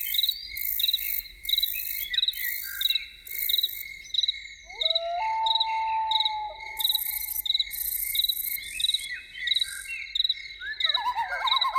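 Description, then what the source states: Loon gives a drawn-out, level wail, then a short quavering tremolo at the close, with crickets chirping throughout. Evening soundscape with loons.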